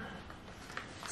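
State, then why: Released. A plastic cap on a cosmetic bottle or tube, believed never to have been opened, is clicked open while bathroom products are being sorted. Against a low background there are faint ticks near 0.3 s and 1.1 s, and the sharpest short click at 0.8 s is the cap releasing open.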